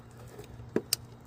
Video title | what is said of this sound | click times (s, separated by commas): HEADLIGHT ASSEMBLY Replacement On Ford Focus (2012-2019) How To Change Headlight In 2017 Ford Focus | Like that. Needs to be aligned and just push it all the way in until you hear a click. | 0.9 s